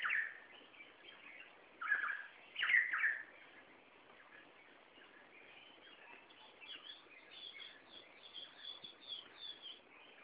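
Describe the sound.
Red spurfowl calling in loud bursts at the start and around two to three seconds, then a pause and a series of softer notes.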